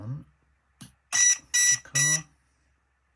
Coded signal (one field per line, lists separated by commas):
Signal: none